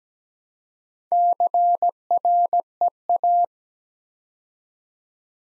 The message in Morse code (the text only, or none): CREA